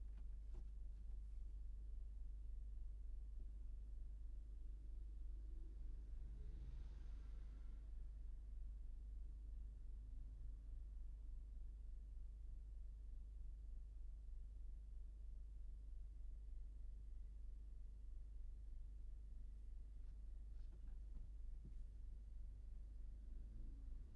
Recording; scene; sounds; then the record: everyday scene through a hearing-aid microphone; in a vehicle; engine idling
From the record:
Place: Berlingo II, diesel engine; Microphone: behind the ear, right, front